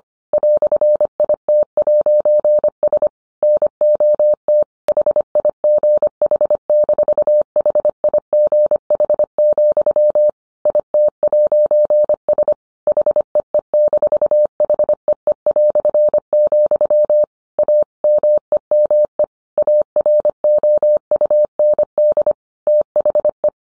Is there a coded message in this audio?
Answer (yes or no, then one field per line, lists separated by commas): yes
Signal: Morse code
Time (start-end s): 0.3-23.5 s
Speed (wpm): 25 wpm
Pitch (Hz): 600 Hz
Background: none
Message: "IT'S NOT HIGH-HIGH, IT'S HEE-HEE", A MEME AROUND THE